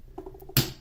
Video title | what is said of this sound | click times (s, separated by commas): Ruger Mark 2 and Mark 3 Disassembly and Assembly | I just pushed with my thumb and you heard the click. | 0.6 s